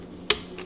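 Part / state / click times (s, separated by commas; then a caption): spiralizer attachment onto stand mixer hub / seated / 0.3 s. A spiralizer attachment is turned on its mount on the stand mixer hub until it locks so it doesn't come off. A sharp snap is heard at 0.3 s, followed by a fainter click near 0.6 s. The attachment is seated.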